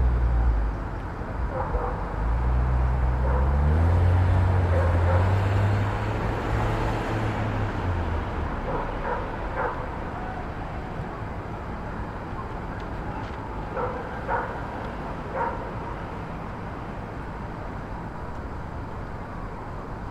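Street sound from a Brooklyn rooftop at Starr Street and Irving Avenue: a vehicle passes with a low engine rumble that swells in the first seconds and fades by about nine seconds. A steady city hum continues underneath, with brief clinks and chirps around ten and fourteen seconds.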